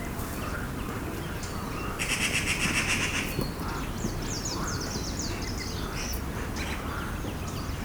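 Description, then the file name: Eurasian magpie giving one harsh rattling chatter of about a second, among thin calls of other birds and a steady low rumble. "Pica pica"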